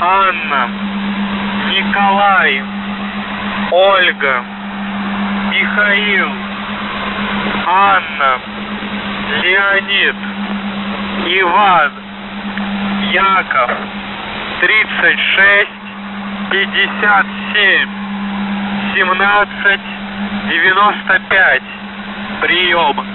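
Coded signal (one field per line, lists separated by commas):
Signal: coded military voice message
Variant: The Goose, Russian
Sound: russian voice spelling names and reading numbers over a constant low droning tone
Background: steady low hum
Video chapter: 00:15 - Воздух Охват98 35662 АНОМАЛИЯ 3657 1795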